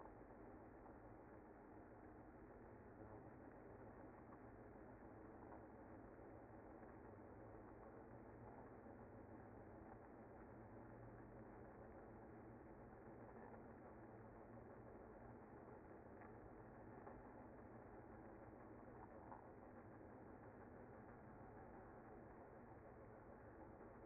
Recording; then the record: honeybee colony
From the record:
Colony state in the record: active